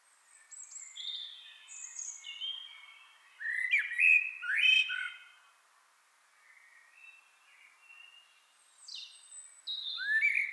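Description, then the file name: Common blackbird song in two phrases: high thin notes leading into rich fluted whistles, a pause with soft warbling, then more high notes and a rising whistle. "Turdus merula"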